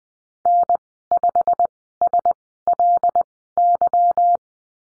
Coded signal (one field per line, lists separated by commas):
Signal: Morse code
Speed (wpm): 19 wpm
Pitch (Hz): 700 Hz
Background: none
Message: N5SLY